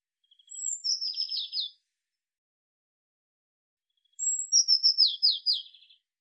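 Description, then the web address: Eurasian blue tit giving two calls, each a high thin whistle followed by a falling, rapidly pulsed buzzy trill, with a quiet gap between them. "cianscape birddata Deverinetal 2025 File cleaned normalized Bird Cy Ca"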